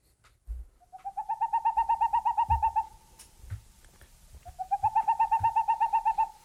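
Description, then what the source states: Owl calling: a rapid, even trill of hollow hoots lasting about two seconds, repeated after a short pause, with faint rustles and thumps below. Heard at night in a pitch-dark pine forest; the sound seemed to shift from one side to the other and from near to far; the guide identified it by its rotating neck.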